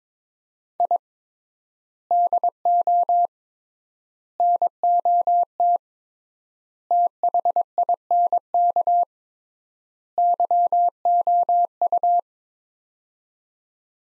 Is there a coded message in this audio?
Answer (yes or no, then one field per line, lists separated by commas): yes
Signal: Morse code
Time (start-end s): 0.8-12.2 s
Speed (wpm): 22 wpm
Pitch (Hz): 700 Hz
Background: none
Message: I DO NOT THINK YOU